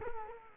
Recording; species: mosquito wingbeat signal from an infrared sensor; Culex quinquefasciatus